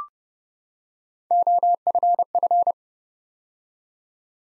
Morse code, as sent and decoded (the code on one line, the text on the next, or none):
--- ..-. ..-.
OFF